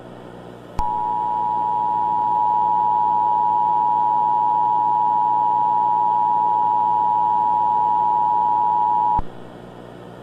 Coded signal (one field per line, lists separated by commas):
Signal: Emergency Alert System (SAME) tones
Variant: 853 and 960 Hz attention tone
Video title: EAS System Dark Figure Civil Danger Authority